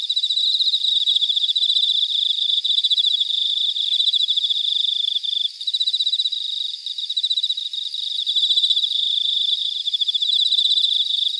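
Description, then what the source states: Cicadas in a dense chorus, a continuous shrill buzzing with rapid pulsing, many insects overlapping, the intensity wavering slightly throughout with brief dips. Cicadas in Weinan, China; filtered audio.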